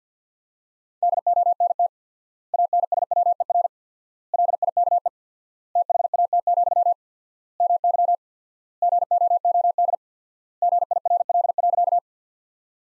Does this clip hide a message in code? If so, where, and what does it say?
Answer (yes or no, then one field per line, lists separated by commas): yes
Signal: Morse code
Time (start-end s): 1.0-12.0 s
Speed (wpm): 49 wpm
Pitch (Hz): 700 Hz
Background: none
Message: DONT ANSWER LIKE THAT, MY GOOD GIRL.